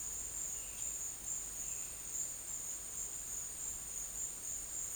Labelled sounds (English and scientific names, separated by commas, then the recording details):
none
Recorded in dense forest near Puerto Asís, Putumayo, Colombia, on 24 June 2025 at 11:30
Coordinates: 0.484, -76.325
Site H65